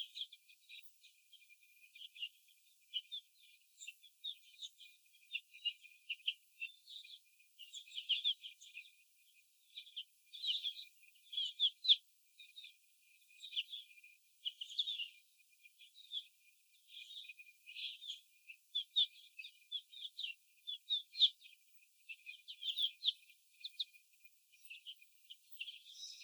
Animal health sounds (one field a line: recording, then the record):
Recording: young laying hens in a cage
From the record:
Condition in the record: before the stressor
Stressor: sudden umbrella opening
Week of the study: 2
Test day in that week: 1